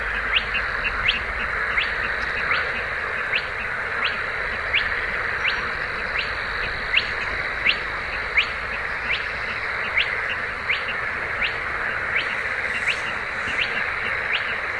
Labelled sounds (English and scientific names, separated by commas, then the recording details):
Spotted Crake (Porzana porzana)
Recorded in the wild
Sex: male
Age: adult
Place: Zarnekow, Peenetal, Mecklenburg-Vorpommern, DE
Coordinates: 53.8764, 12.8739
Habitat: wetland
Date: 2010-06-09
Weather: fair, 20°C, weak easterly winds
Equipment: Sound Devices 702, Sennheiser MKH 70, Rycote Windschutz
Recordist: Frommolt, Karl-Heinz
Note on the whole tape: Polder Zarnekow-Upost: Rufe von zwei Tüpfelsumpfhühnern auf genommen vom Hafen Dargun. Entfernung ca. 300 m